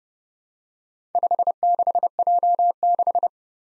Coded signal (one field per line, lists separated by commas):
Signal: Morse code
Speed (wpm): 30 wpm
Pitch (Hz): 700 Hz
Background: none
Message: 56J6